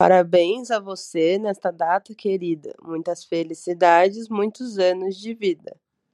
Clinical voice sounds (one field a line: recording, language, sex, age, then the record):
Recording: short text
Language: Brazilian Portuguese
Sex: female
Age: 20 to 29 years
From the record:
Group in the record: control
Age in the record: 25 years